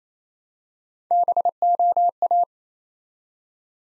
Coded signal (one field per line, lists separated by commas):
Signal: Morse code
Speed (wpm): 27 wpm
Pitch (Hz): 700 Hz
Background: none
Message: BOA